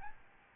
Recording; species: mosquito wingbeat signal from an infrared sensor; Aedes albopictus